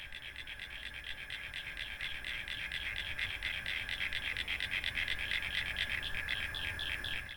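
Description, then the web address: Common eastern froglet calling, dense rapid clicking pulses repeated over steady background hiss. "backyardblog. crinia signifera"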